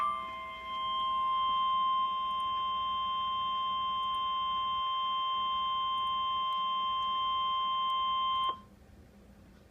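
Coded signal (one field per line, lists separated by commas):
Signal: Emergency Alert System (SAME) tones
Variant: 1050 Hz attention tone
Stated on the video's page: Tornado watch SAME tones on NOAA Weather Radio station KIH57, Florence, Alabama, 162.475 MHz.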